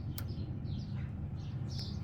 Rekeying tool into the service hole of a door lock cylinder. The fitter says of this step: and you want to place it in just like this and you would hear like a click sound